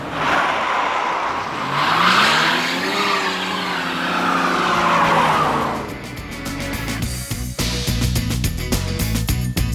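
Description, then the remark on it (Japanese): A car engine roars and revs up, with a long, wavering tire squeal sweeping in pitch for several seconds, then the engine keeps growling loudly with a rough, pulsing rattle. “ちくしょう、運のいい車め。”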